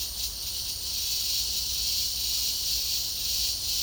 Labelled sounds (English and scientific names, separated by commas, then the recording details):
none
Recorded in secondary vegetation near Puerto Asís, Putumayo, Colombia, on 19 February 2024 at 12:00
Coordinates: 0.489, -76.322
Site G6419